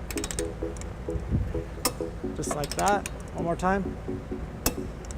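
A click-type torque wrench tightens a trailer hitch mounting bolt into the steel vehicle frame of a 2007 Toyota RAV4, with quick ratcheting clicks at the start and someone talking. The wrench clicks sharply at its torque setting at 1.9 s, and another sharp hit follows at 4.7 s.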